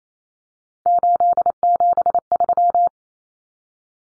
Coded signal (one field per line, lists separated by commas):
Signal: Morse code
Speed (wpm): 28 wpm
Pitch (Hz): 700 Hz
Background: none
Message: 873